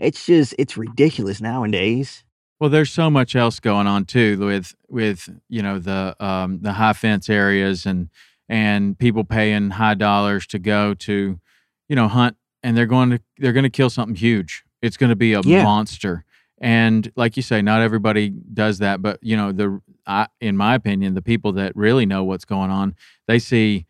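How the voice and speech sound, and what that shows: A man talks casually in a low, steady, clear voice with everyday hesitations; normal speech.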